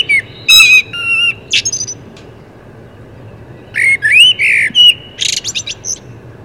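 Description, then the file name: Common blackbird giving squeaky, chattering high notes, then a fluty rising whistled phrase and a burst of thin twittering notes. "Turdus merula"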